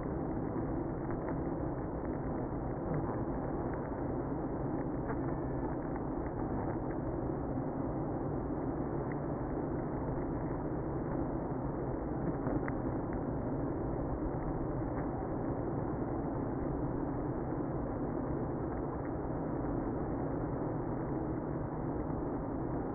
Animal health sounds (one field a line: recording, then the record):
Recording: honeybee colony, microphone inside the hive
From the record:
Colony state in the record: queenless (queen removed)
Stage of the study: after two queens were removed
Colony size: about 60,000 bees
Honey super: yes